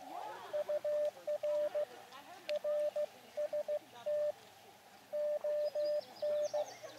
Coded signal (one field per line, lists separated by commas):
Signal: Morse code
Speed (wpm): 15 wpm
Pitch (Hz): 600 Hz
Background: none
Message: UR RST ON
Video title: Elecraft KX2 OVERHEATS!!! | Random Wire Antenna | QRP Portable QSO